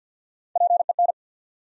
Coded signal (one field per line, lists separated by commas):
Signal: Morse code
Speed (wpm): 50 wpm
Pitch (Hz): 700 Hz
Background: none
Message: P E N